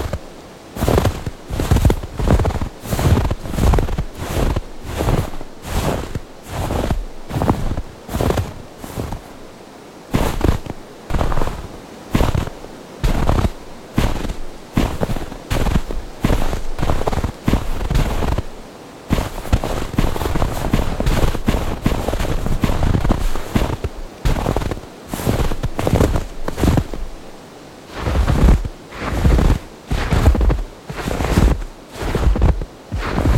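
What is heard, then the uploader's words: Footsteps crunch steadily through snow in a forest, regular at a brisk walking pace, with a short shuffling pause around twenty seconds. Snow Footsteps Sound Effects. All the isolated sound effects have been recorded on a cold and snowy day in the French Ardennes forest, far away from urban noise, traffic or animal sounds.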